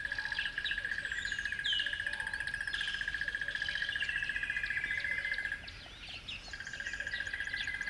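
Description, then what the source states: Birds singing at dawn, several chirps and whistled phrases overlapping, over a steady rapid pulsing trill like an insect that pauses briefly near the end. At dawn on a river bed.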